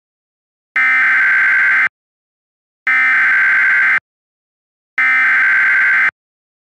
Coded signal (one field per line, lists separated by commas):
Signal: Emergency Alert System (SAME) tones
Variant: header bursts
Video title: EAS Mock: Flash Flood Warning for My Area!!!